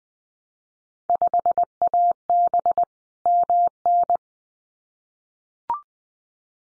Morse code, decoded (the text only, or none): 5AB MN